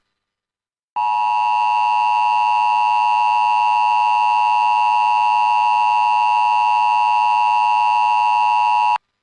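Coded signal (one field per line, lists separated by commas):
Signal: Emergency Alert System (SAME) tones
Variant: 853 and 960 Hz attention tone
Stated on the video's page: Flash Flood Warning for Puerto Rico.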